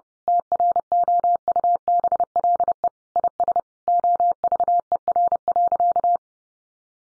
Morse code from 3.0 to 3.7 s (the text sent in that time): IS